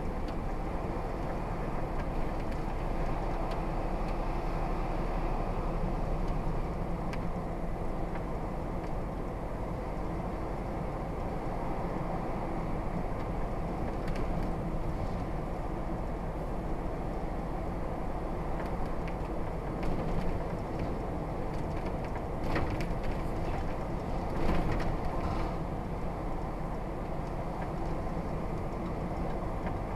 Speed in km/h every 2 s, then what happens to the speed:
42, 40, 40, 44, 44, 47, 47, 45, 45, 44, 44, 44, 42, 42, 45.
3-10 speeds up to 47. 10-30 steady at about 44.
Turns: none.